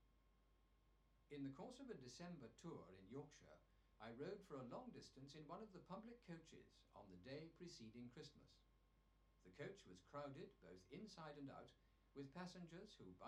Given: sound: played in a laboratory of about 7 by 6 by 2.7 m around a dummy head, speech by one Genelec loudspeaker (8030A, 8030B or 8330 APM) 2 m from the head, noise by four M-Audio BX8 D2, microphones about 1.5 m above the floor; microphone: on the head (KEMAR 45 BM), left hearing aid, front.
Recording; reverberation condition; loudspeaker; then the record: male speech in English; low; behind (180 degrees)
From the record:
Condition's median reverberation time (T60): about 310 ms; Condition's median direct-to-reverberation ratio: about 3.5 dB